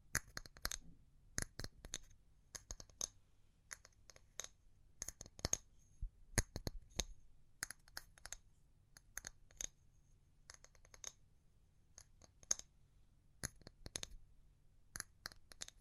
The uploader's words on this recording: ASMR Pure Tapping Fast and Slow (No Talking).